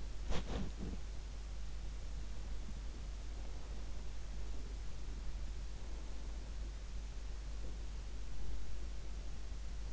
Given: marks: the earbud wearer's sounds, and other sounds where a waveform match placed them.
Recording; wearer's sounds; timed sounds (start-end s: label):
sounds in sleep by an in-ear microphone; body movement
0.00-1.20 s: body movement